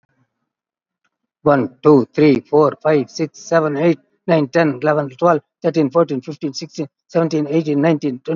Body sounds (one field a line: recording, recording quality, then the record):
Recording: counting at a fast pace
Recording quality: excellent, no background noise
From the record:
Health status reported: COVID-19 positive, moderate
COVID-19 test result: positive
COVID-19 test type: RT-PCR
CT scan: taken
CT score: 13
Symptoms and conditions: cough, cold, breathing difficulty, sore throat, fever, fatigue, muscle pain, asthma, another respiratory illness, hypertension, ischaemic heart disease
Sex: male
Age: 81 years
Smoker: no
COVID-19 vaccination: both doses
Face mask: worn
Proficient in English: yes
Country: India